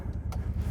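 Inside the cab of a 2020 Honda Talon 1000X-4 four-seater side-by-side with Fox Live Valve, a latch (seat belt buckle or door) is tried again after failing to latch, over a steady low engine rumble. A single sharp click at 0.3 s shows the latch catching and seating on the retry.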